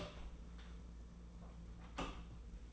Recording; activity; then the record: daily activity, microphone in the room; open door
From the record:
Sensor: 1